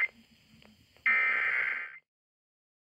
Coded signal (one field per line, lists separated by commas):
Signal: Emergency Alert System (SAME) tones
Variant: header bursts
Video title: WHA (AM) Required Weekly Test #2 (EAS #462)